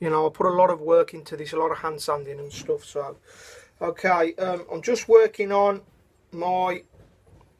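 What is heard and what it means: Someone talks over the handling of a handmade, hand-sanded folding knife whose blade locks into a steel frame lock. Only a faint tick is heard near the end. Nothing has clicked into place yet: the blade has not locked into the frame lock.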